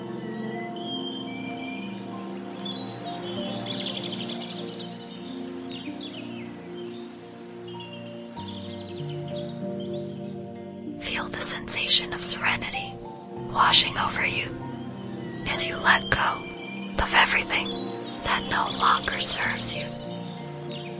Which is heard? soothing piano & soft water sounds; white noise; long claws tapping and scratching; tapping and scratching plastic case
soothing piano & soft water sounds